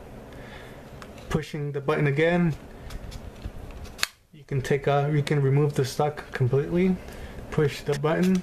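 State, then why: Seated. After the release button is pressed, the metal retractable stock of a KWA Mac 11 airsoft submachine gun is pushed back into the receiver and locks in the retracted position with a single click at 1.0 s. Someone talks throughout, and another sharp transient is heard around 4.0 s.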